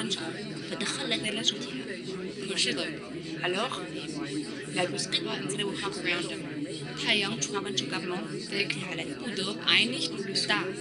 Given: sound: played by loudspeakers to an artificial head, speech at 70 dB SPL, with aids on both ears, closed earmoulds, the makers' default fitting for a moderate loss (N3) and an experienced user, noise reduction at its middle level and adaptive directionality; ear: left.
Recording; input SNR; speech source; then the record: speech test signal (ISTS) in cocktail-party noise; -6 dB; in front (0 degrees)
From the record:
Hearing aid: class 2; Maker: B